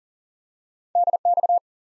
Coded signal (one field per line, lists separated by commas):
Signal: Morse code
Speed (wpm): 39 wpm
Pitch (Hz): 700 Hz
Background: none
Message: DX